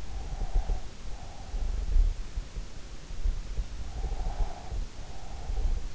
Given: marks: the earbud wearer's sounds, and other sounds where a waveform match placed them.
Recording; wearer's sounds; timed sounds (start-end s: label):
sounds in sleep by an in-ear microphone; breath
0.00-1.87 s: breath
4.01-5.82 s: breath